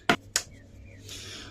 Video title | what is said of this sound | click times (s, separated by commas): RIG JIG (Making custom mini crawlers easier) | All right, these just click right in like that. | 0.1 s, 0.4 s